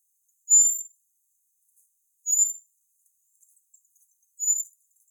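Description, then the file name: Common blackbird calls: thin, very high, drawn-out notes repeated three times about two seconds apart, over near silence. "Turdus merula"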